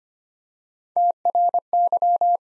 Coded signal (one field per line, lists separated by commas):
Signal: Morse code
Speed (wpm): 25 wpm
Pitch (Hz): 700 Hz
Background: none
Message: TRY